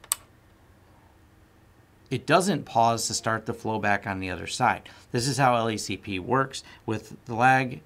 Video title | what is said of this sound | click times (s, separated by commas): Tutorial: pfsense LAGG & LACP & Setup | but now that it's going across the other cable now we're going to plug this back in so listen for the click | 0.1 s